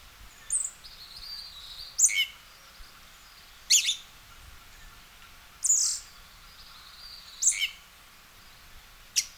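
Western red-legged thrush repeating sharp, high clipped calls, often in quick pairs, roughly every two seconds, with faint thin tones in the background.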